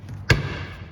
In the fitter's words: there you go and you'll hear it pop in